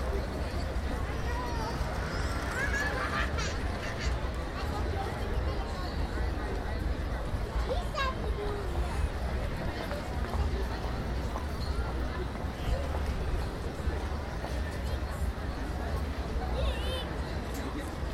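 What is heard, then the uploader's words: Café terraces at the Grote Markt in The Hague fill with a steady, dense babble of many overlapping voices over a constant low rumble. Short bright clinks and clicks cut through now and then, near the start, around eight seconds and near the end. Café-terrassen op de de Grote Markt in Den Haag. General atmosphere. Café terraces at the Grote Markt in The Hague.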